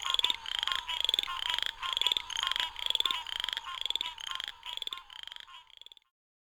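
Southern chorus frog giving short rasping pulsed trills in steady succession, about two per second.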